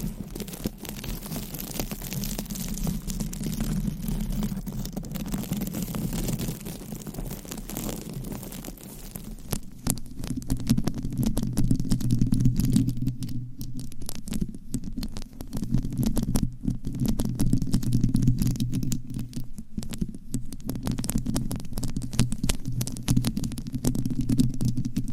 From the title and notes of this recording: ASMR Mic Scratching - Brain Scratching with Different Mic Covers 100% Tingles - Asmr No Talking.